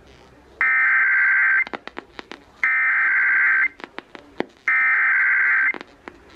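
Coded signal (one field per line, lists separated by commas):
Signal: Emergency Alert System (SAME) tones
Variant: header bursts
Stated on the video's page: Tornado warnings captured on multiple stations around Sacramento.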